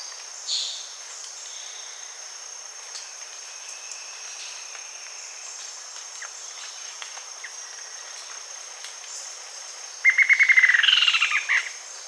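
Bird call: a quick, slightly falling trill of bright notes near the end, over a steady high-pitched insect-like hum and faint scattered chirps.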